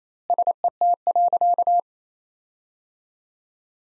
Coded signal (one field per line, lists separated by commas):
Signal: Morse code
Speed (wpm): 28 wpm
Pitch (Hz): 700 Hz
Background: none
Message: SET.